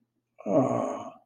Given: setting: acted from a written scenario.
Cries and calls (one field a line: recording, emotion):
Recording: vocal sound without words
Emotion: sympathy